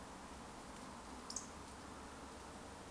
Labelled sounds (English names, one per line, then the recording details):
Eurasian Woodcock whistle
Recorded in Baden-Württemberg, Germany, on 3 June 2021 at 20:12 UTC
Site 49334, 1074 m above sea level